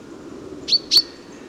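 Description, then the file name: Common chaffinch calling: two bright, clipped metallic notes about a quarter second apart over a faint low rumble. "Fringilla coelebs"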